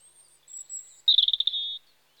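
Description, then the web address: European robin song fragment: thin high drawn-out whistles followed by a quick rattling trill that settles into a steady held note. Recorded in spring. "BBC Sound Effects Library. Robin (Erithacus Rubecula) Spring"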